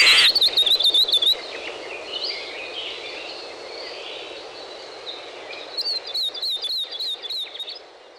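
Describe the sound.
Bird song of quick high whistled notes in a short burst, then a quiet hiss, then another run of repeated whistles near the end.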